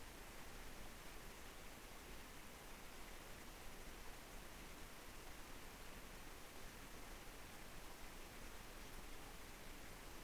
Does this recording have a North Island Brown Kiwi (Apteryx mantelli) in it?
no